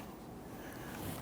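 A plastic wiring harness connector is pressed up onto a sensor on the intake of a 2011-2015 Kia Sorento during a starter replacement. Only steady, broadband, wind-like noise is heard, with no sharp sounds. Nothing has seated or clicked yet.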